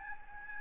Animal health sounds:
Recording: mosquito wingbeat signal from an infrared sensor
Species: Aedes albopictus

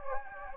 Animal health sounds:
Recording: mosquito wingbeat signal from an infrared sensor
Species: Anopheles gambiae

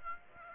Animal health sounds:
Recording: mosquito wingbeat signal from an infrared sensor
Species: Aedes aegypti

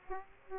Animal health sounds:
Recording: mosquito wingbeat signal from an infrared sensor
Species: Aedes aegypti

